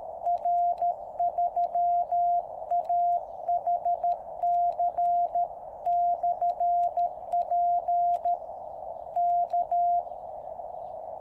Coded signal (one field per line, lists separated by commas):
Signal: Morse code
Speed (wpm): 13 wpm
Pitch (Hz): 700 Hz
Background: radio noise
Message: R3AHC/P K